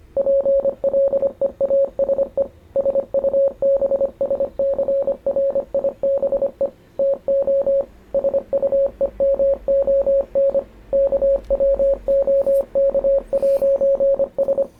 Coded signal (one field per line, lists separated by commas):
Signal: Morse code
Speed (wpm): 25 wpm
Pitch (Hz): 550 Hz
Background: radio noise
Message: PLEASE SUBSCRIBE TO SUEMON KWOK'S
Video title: Python code for Morse Code decoder drag and drop